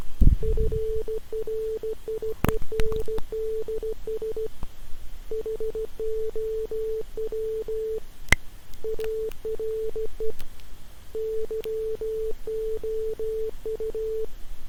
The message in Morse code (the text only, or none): FRIENDS HOW ARE YOU